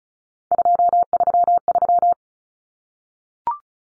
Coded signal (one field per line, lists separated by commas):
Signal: Morse code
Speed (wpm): 34 wpm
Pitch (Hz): 700 Hz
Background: none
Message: 233